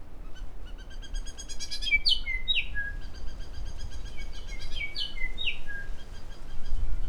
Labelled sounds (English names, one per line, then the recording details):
New Zealand Bellbird song
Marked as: Stutter(decurved), Stutter(alarmy), Nailpolish, Down(notched), Pipe(hi+tinystepup1), Down(CUV1), Pipe(G[6]+), Pipe(C[7]bent)
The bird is a female
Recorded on Cuvier Island, New Zealand, on 4 November 2016
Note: 3RepeatsStutterTypCuvSong